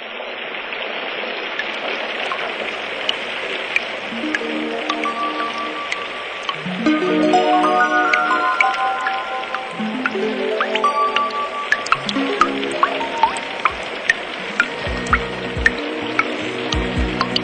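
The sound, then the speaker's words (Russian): Rain falls over a city in the morning: steady hissing rain with scattered sharp drips and patters, while low, sustained melodic tones play over it in slow steps. No one speaks. “Самага ранку ідзе дождж, але горад, як ніколі, здаецца каляровы.”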